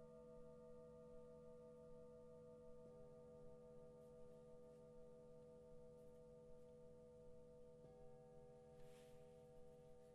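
Singing bowls and a gong ring in a steady, layered drone, with sustained tones stacked from low hum to bright ringing. Fresh strikes refresh the sound near three and eight seconds, and a brief soft brushing noise appears near nine seconds.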